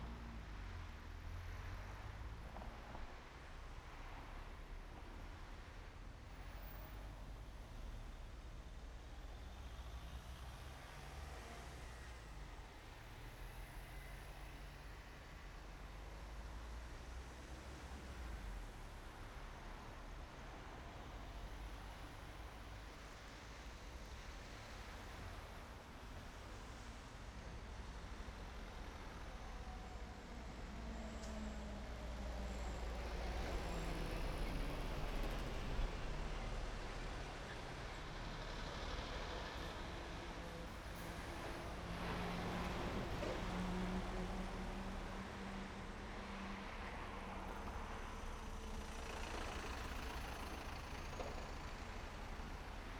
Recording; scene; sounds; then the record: everyday scene through a hearing-aid microphone; in traffic; traffic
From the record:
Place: main road on the outskirts, rush hour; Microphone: behind the ear, right, front